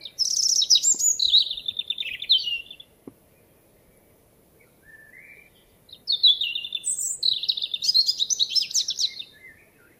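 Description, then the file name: European robin: a high, trilling song phrase, then a pause with faint lower notes, then another tumbling phrase mixing sharp, very high notes and warbles. "Erithacus rubecula"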